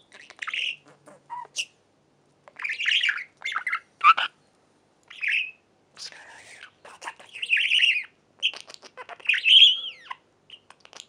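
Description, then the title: Budgerigar chatter of scratchy chirps and mumbled, speech-like notes in repeated bursts. "Budgie Sounds"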